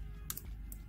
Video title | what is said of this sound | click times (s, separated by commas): Road Keeper Data Logger How to Set up Part 1 #shorts | squeeze it until it clicks and it will stay in. | 0.3 s